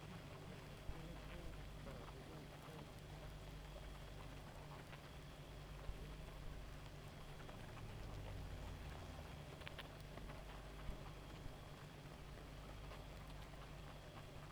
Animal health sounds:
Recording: honeybee colony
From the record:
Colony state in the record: active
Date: 28 July 2017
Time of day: 1:04

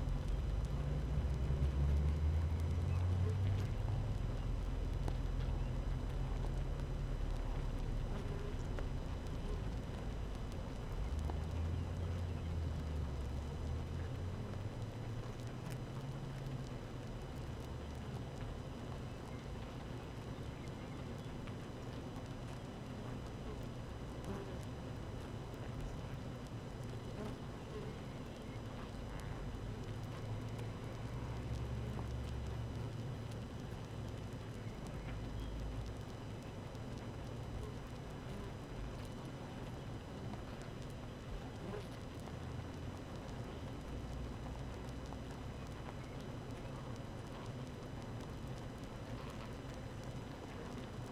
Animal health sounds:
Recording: honeybee colony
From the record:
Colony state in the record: active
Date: 12 June 2018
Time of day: 7:29

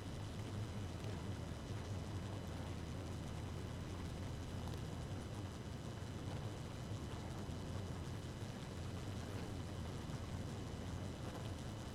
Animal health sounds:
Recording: honeybee colony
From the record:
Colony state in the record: active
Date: 12 June 2018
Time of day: 1:48

